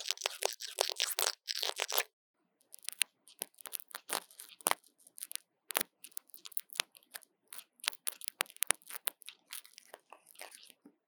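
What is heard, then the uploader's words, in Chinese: Someone cleans out a phone's openings, like picking its ears, with crisp scratching and crinkly scraping. A dense run of bright rasping strokes fills the first two seconds, then a short silence, followed by irregular clicks and crunchy scrapes until the end. ASMR 刺痛注意!!幫手機掏掏耳朵 | Lo-fi | Ear Cleaning | NO Talking。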